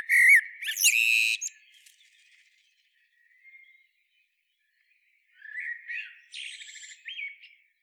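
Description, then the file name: Common blackbird delivering a fluted whistle with a scratchy high flourish, followed after a long pause by a quieter, softer warbled phrase ending in a thin squeak. "Turdus merula"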